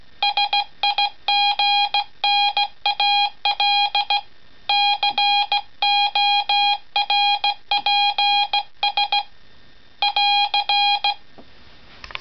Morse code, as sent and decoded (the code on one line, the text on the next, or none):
... .. --. -. .- .-.. / -.-. --- .-. .--. ... / .-.-.
SIGNAL CORPS <AR>